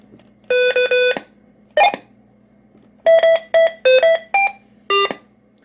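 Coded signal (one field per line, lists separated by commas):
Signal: roger beep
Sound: several short buzzy beep tunes at differing pitches, like different end-of-transmission beeps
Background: low electrical hum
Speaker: There's my personal favorite right there, number 11.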